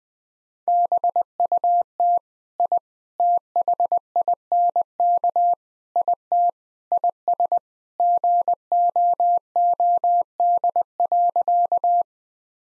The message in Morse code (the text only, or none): BUT I THINK IT IS GOOD.